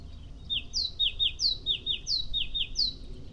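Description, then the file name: Great tit song: a steady run of bright two-note phrases, a high note dropping to a lower one, repeated several times over faint low background noise. "Great Tit Parus major"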